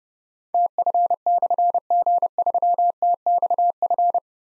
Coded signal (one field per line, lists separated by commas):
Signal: Morse code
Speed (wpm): 30 wpm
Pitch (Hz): 700 Hz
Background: none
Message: TF/G3TXF